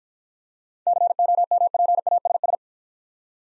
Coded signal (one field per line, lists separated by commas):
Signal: Morse code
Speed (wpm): 49 wpm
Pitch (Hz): 700 Hz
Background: none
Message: COMPASS